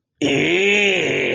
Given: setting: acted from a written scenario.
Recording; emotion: vocal sound without words; disgust